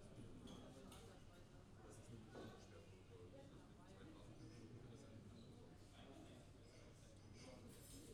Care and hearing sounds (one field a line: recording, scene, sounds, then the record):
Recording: everyday scene through a hearing-aid microphone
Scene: many people talking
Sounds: many voices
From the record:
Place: university cafeteria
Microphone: in the ear canal, left